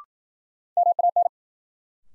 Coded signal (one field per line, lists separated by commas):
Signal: Morse code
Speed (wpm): 52 wpm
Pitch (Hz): 700 Hz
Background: none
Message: MAN